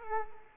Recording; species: mosquito wingbeat signal from an infrared sensor; Culex quinquefasciatus